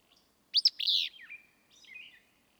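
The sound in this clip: Willow flycatcher giving one explosive, buzzy sneezing phrase, followed by a few softer slurred notes trailing off.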